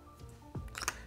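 A resin piece is fitted into the body of a large resin collectible statue of a rider and dragon, with music playing in the background. A few soft taps and knocks lead up to a sharp hit at 0.9 s, when the piece seats into its socket.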